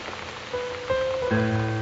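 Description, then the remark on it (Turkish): Steady rain falling on the city of Istanbul hisses throughout, a soft continuous patter, while sustained musical tones enter one after another and build into a fuller held chord by the end. “Şehre bir yağmur yağdı, ben ağladım.”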